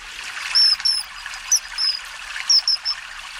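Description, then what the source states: Common kingfisher giving short, high, thin whistled calls in small clusters over about three seconds, with steady rushing water throughout. Played example; lives by rivers, with a lot of water heard in the background.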